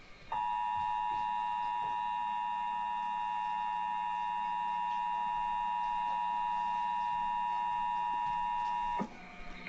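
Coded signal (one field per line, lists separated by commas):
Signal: Emergency Alert System (SAME) tones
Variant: 853 and 960 Hz attention tone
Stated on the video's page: Child Abduction Emergency recorded off a TV, with background voices near the beginning.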